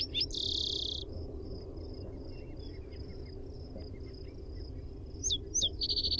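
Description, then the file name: Spotted towhee buzzy trill at the start, then sharp introductory notes and a second trill near the end, with thin high whistles and a low background hum. Primary song. "SPTO-Primary Song"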